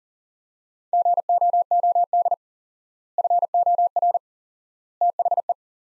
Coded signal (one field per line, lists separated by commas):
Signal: Morse code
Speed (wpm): 40 wpm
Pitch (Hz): 700 Hz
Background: none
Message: GOOD FOR THE